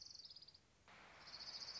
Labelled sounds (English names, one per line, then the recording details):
Orange-crowned Warbler
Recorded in Sonoma County, California